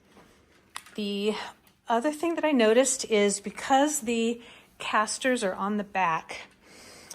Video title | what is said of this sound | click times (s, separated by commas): SUZHI Foldable Cart, Folding Truck with Wheels, Aluminum Adjustable Length Hand Cart Review, Easy to | then pull up on the handle it locks in place | 0.8 s